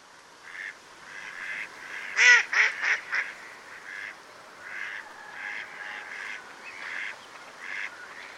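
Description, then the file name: Mallard quacking: soft nasal quacks scattered throughout, with a loud burst of a few harsh quacks in quick succession, then quieter irregular quacks continuing. "magamo"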